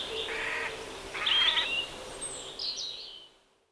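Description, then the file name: Eurasian jay producing two rough, grating screeches in quick succession, followed by softer higher notes before fading out. "Garrulus glandarius"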